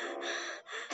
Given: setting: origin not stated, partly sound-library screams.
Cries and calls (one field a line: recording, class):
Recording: one-second piece from a danger detection set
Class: woman in danger